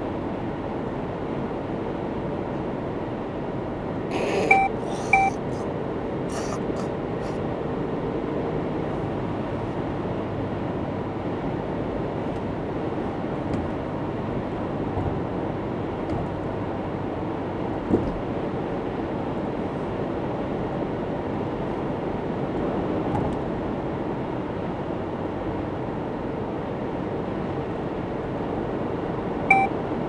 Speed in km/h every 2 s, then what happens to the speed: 100, 101, 104, 106, 106, 104, 104, 103, 100, 100, 100, 100, 99, 102, 104.
0-6 speeds up to 106. 6-30 steady at about 102.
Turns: none.